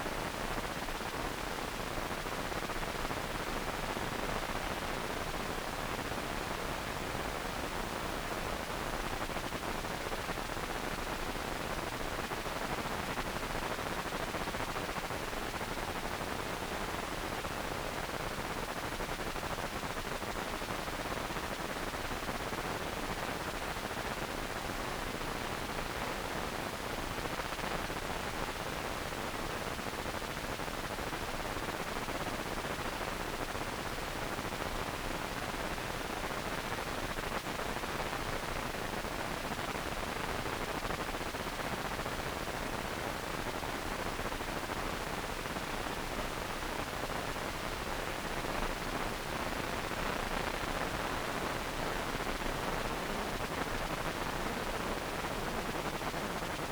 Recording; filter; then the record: brain microelectrode recording played as sound; wide band, above 20 Hz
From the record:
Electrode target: subthalamic nucleus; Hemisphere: right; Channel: 2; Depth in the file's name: 5.102 mm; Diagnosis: Parkinson's disease